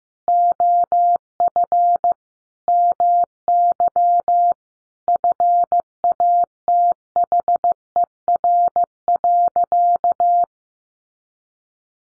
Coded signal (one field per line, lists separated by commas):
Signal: Morse code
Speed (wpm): 15 wpm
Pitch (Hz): 700 Hz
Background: none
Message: OF MY FATHER.